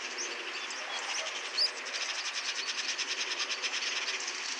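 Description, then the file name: Eurasian magpie giving a faint, harsh rattling chatter, rapid evenly spaced pulses running through the second half, with a brief high chirp from another bird just before it. "Pica pica"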